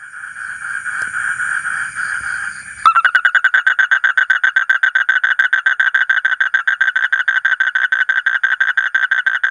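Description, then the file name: Asian common toad: an even, droning buzz first, then a sudden switch to a rapid, pulsing series of rasping croaks. "suara kodok bangkong kolong kodok buduk"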